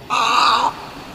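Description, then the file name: Snowy egret uttering one drawn-out, hoarse, nasal croak lasting just over half a second, steady in pitch and dropping off abruptly. "AZFO SNEG 3 deviche"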